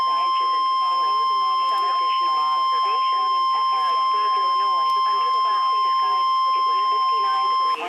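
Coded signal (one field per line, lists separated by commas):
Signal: Emergency Alert System (SAME) tones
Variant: 1050 Hz attention tone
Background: speech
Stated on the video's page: NOAA Weather Radio EAS tornado and severe thunderstorm warnings.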